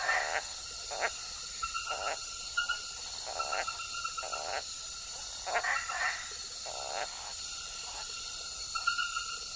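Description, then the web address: Map treefrog calls: short rasping pulsed notes repeated roughly once a second, over a dense chorus of steady tones and high buzzing insects. Recorded in the Ecuadorian Amazon, Ecuador. "Natures Songs. Frogs of Ecuadorian Amazon Hyla geographica"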